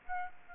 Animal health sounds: mosquito wingbeat signal from an infrared sensor; Aedes aegypti

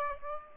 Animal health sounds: mosquito wingbeat signal from an infrared sensor; Aedes aegypti

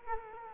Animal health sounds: mosquito wingbeat signal from an infrared sensor; Culex quinquefasciatus

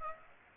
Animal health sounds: mosquito wingbeat signal from an infrared sensor; Aedes aegypti

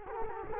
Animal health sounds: mosquito wingbeat signal from an infrared sensor; Culex quinquefasciatus

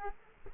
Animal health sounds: mosquito wingbeat signal from an infrared sensor; Culex quinquefasciatus

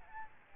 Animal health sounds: mosquito wingbeat signal from an infrared sensor; Aedes albopictus

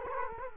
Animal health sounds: mosquito wingbeat signal from an infrared sensor; Culex quinquefasciatus

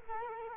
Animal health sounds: mosquito wingbeat signal from an infrared sensor; Culex quinquefasciatus

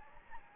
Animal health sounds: mosquito wingbeat signal from an infrared sensor; Anopheles gambiae

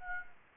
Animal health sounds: mosquito wingbeat signal from an infrared sensor; Aedes aegypti

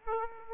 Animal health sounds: mosquito wingbeat signal from an infrared sensor; Aedes aegypti

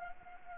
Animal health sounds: mosquito wingbeat signal from an infrared sensor; Anopheles gambiae

